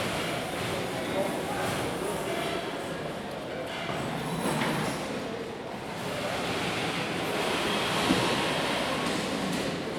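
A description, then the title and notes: Stalls and tables are dragged through a dense, steady rumbling din, with brief louder scrapes near mid-clip and around eight seconds, plus faint voices. Stalls and tables dragged. Just past eight o'clock or so.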